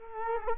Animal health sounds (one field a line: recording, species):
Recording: mosquito wingbeat signal from an infrared sensor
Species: Culex quinquefasciatus